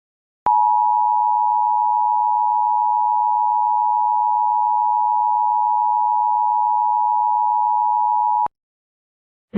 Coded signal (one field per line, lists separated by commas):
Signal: Emergency Alert System (SAME) tones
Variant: 853 and 960 Hz attention tone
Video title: All NWS, required tests, and Amber Alerts (EAS #134 - EAS #148)